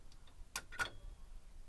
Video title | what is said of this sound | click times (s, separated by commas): Dodge Neon brake pad replacement left side | Pops right off. | 0.6 s